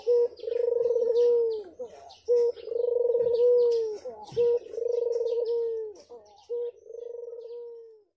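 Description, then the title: Barbary dove cooing in a regular rhythm of a short note and then a long vibrating coo that falls away. Scattered high chirps from other birds are heard. White Barbary dove; training (masteran) song for songbirds. "Kicau Mania Masteran Burung Puter Putih ORIGINAL"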